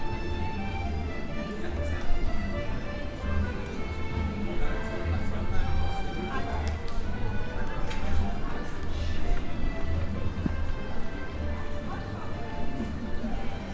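Footsteps and crowd chatter fill a walk through the historic city of Bath, with overlapping voices talking steadily throughout. A low, pulsing rumble runs underneath, and light taps and clatters pop up irregularly, a little louder around the two-second mark and again near twelve seconds.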